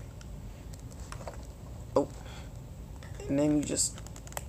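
A plastic hinge joint piece for an action figure's neck or wing section is handled near the socket in the figure's body, with faint light plastic ticks and taps while someone talks. Nothing has seated or clicked yet; the part is not yet home when the clip ends.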